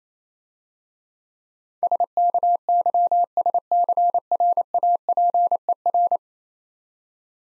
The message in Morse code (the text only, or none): SKYSCRAPER